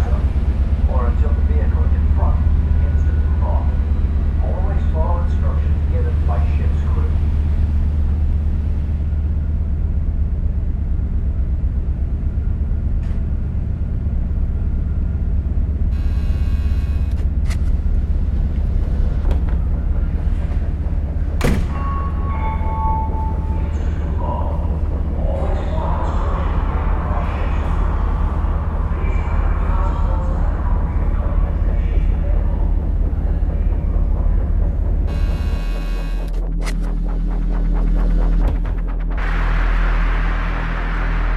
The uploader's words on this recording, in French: Un montage de sons d'ambiance pris au cours d'un voyage au Pays de Galles au mois de juillet.